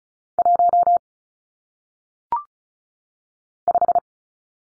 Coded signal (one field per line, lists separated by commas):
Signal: Morse code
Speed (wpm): 36 wpm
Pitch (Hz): 700 Hz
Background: none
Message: 1 5